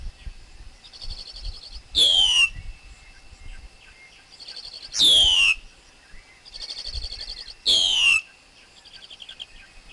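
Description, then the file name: Black-collared Starling song: three loud screeching notes sliding downward, about three seconds apart, separated by quieter buzzy trills. Wild forest bird's song, used for teaching young birds to sing. "Tieng chim ca cuong rung tap chim con hot"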